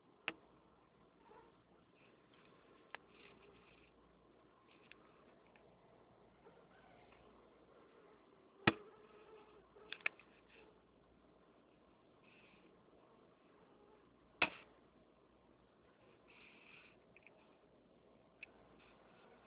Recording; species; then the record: mosquito flight sound by mobile phone; Anopheles albimanus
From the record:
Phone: Nokia 6555B